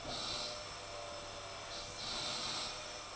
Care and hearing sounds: daily activity, microphone in the room; vacuum cleaning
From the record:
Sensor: 5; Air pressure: 1000.2 hPa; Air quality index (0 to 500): 118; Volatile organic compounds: 1 ppm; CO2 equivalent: 939 ppm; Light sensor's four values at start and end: 153/361/155/168 and 152/359/154/168

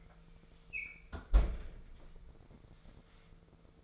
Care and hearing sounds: daily activity, microphone in the room; close fridge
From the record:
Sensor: 5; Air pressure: 1014.9 hPa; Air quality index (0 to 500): 173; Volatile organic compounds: 6 ppm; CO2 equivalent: 1899 ppm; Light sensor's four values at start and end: 70/165/70/76 and 67/155/66/72

